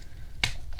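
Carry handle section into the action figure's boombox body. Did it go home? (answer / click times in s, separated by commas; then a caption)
yes / 0.4 s. The plastic carry-handle sections of a Transformers Kingdom Autobot Blaster War for Cybertron figure are rotated forward and locked into the figure's boombox body. A single sharp click is heard at 0.4 s as the handle seats, followed by a fainter tick near 0.8 s. The handle is locked into place.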